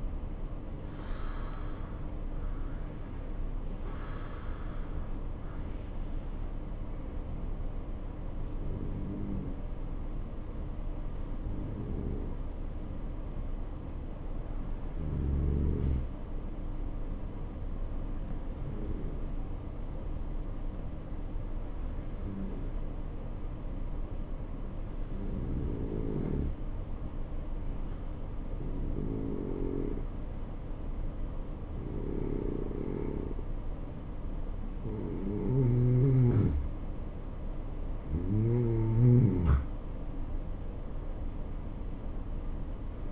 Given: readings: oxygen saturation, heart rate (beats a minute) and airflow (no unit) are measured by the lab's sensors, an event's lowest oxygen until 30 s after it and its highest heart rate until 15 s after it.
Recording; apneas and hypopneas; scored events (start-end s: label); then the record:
breathing in sleep by a smartphone at the bedside; 1
6.00-34.80 s: hypopnea (N2, oxygen 95% highest, then 90% lowest, heart rate 65 at the start, 74 highest)
From the record:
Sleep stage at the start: N2 (light sleep); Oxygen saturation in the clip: 89 to 95%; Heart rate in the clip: 63 to 74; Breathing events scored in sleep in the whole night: 277 in 7.4 hours asleep